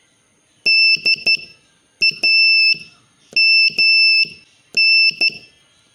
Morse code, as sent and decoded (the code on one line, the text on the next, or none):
-.. .- -- -.
DAMN